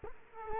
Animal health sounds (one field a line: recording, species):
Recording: mosquito wingbeat signal from an infrared sensor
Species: Culex quinquefasciatus